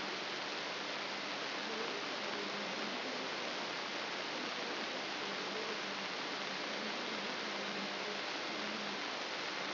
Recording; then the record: brain microelectrode recording played as sound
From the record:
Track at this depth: outside the subthalamic nucleus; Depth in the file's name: 6.301 mm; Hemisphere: left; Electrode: 3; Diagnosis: Parkinson's disease